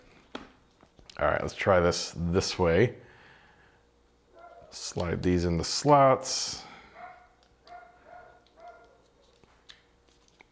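A Cardo Packtalk Edge motorcycle intercom unit is handled as its tabs are lined up to slide into the slots of a plastic helmet mounting bracket, while someone talks. Faint taps and handling noises are heard, but nothing has seated or clicked into place yet.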